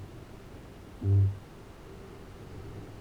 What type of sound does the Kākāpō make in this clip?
boom